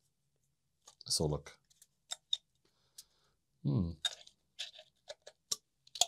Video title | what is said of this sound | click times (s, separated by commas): Spectrum Next, Issue 2 CH01: Unboxing & First Impressions | all right it is there's a slight twist you have to twist it slightly and then it pops out there that locks it in place | 5.5 s